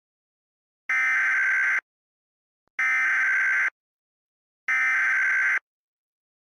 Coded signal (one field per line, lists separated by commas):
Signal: Emergency Alert System (SAME) tones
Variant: header bursts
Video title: Peter Griffin dies after watching the EAS (FICTIONAL)